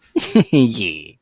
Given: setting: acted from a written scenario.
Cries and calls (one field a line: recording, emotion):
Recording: vocal sound without words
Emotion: elation